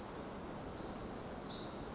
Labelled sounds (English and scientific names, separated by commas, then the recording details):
Pacific Wren (Troglodytes pacificus)
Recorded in Sonoma County, California